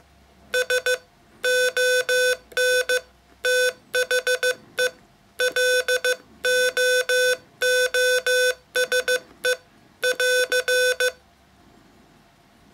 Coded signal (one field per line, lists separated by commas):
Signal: Morse code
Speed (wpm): 15 wpm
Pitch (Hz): 500 Hz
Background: none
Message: S ON THE LOOSE <AR>